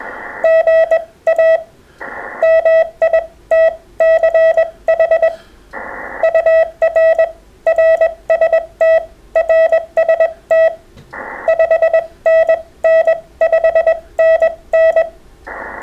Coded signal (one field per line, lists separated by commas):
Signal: Morse code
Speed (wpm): 21 wpm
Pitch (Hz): 650 Hz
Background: none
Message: GA MITCH UR RST RST 5NN 5NN